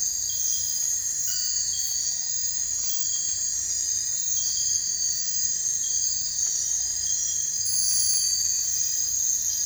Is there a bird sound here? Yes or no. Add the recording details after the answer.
no. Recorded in dense forest near Puerto Asís, Putumayo, Colombia, on 22 December 2024 at 02:00. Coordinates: 0.468, -76.322. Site G071